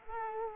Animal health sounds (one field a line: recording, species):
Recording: mosquito wingbeat signal from an infrared sensor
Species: Culex quinquefasciatus